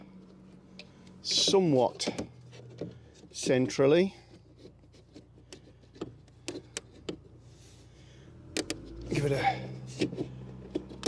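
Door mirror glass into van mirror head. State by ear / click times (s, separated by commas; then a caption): not seated / none. Replacement door-mirror glass with a plastic backing is lined up centrally on the mirror head of a 2014 Fiat Ducato, Citroen Relay or Peugeot Boxer van and wiggled to meet the mirror adjuster, while someone talks. Short, sharp handling knocks and taps are heard between the talking. The clip ends before the glass is pushed home, so nothing has seated or clicked yet.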